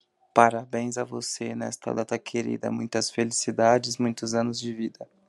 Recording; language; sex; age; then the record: short text; Brazilian Portuguese; male; 30 to 39 years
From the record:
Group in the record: control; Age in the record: 33 years